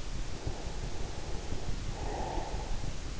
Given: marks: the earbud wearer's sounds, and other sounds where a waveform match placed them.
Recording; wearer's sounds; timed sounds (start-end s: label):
sounds in sleep by an in-ear microphone; breath
0.11-3.10 s: breath